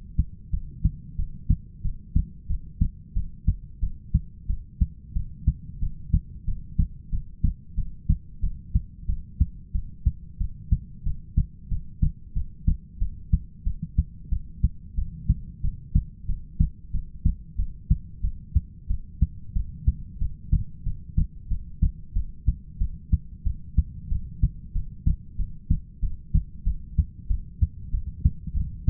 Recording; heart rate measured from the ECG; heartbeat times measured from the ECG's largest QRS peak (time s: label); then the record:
heart sounds by stethoscope; 92 bpm
0.51 s: heartbeat
1.17 s: heartbeat
1.83 s: heartbeat
2.48 s: heartbeat
3.14 s: heartbeat
3.81 s: heartbeat
4.48 s: heartbeat
5.14 s: heartbeat
5.80 s: heartbeat
6.46 s: heartbeat
7.11 s: heartbeat
7.76 s: heartbeat
8.41 s: heartbeat
9.07 s: heartbeat
9.73 s: heartbeat
10.39 s: heartbeat
11.04 s: heartbeat
11.70 s: heartbeat
12.34 s: heartbeat
13.00 s: heartbeat
13.65 s: heartbeat
14.30 s: heartbeat
14.96 s: heartbeat
15.62 s: heartbeat
16.27 s: heartbeat
16.92 s: heartbeat
17.57 s: heartbeat
18.22 s: heartbeat
18.88 s: heartbeat
19.54 s: heartbeat
20.20 s: heartbeat
20.85 s: heartbeat
21.49 s: heartbeat
22.14 s: heartbeat
22.79 s: heartbeat
23.45 s: heartbeat
24.10 s: heartbeat
24.74 s: heartbeat
25.37 s: heartbeat
26.01 s: heartbeat
26.65 s: heartbeat
27.29 s: heartbeat
27.92 s: heartbeat
28.55 s: heartbeat
From the record:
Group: heart failure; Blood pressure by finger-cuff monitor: 105/67 mmHg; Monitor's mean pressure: 81 mmHg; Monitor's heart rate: 92 bpm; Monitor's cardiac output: 7.6 L/min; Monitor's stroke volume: 83 mL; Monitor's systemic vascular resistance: 760 dyn s/cm5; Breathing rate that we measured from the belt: 13 breaths a minute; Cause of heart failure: ischemic heart disease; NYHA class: 1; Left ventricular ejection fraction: 38%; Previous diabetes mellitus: present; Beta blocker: bisoprolol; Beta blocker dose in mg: 15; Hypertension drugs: sacubitril-valsartan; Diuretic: furosemide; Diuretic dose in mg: 20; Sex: male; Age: 33 years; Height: 172 cm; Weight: 78.5 kg